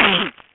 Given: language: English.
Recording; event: throat vibration sensor signal played as sound; cough